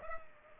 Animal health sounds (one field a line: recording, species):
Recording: mosquito wingbeat signal from an infrared sensor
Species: Culex pipiens